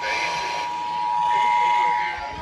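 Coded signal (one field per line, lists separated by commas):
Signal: Emergency Alert System (SAME) tones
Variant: 853 and 960 Hz attention tone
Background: speech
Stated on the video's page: Required Monthly Test relayed on FM radio stations at 106.7, 92.3, 91.1, 98.5 and 107.7.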